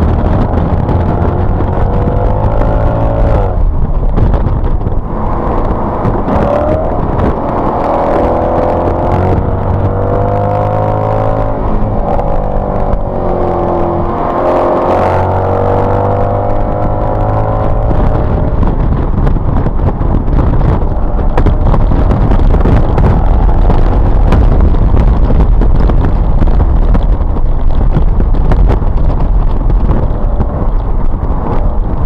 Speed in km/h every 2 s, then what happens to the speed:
79, 97, 87, 69, 84, 100, 90, 81, 95, 95, 100, 116, 118, 108, 93, 92.
0-3 speeds up to 97. 3-5 brakes to 69. 5-10 speeds up to 100. 10-14 brakes to 81. 14-16 speeds up to 95. 19-23 speeds up to 118. 23-32 slows to 92.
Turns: 4-9, 11-21, 27-32.